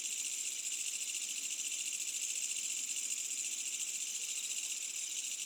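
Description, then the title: Insects in a steady high-pitched night chorus, layered shrill trills that continue without a break; nothing else stands out. Medium-density insect ambience on a summer night with a village in the distance. "GameAudioGDC. AMBIENCE Insects Medium Night Summer Distant Village"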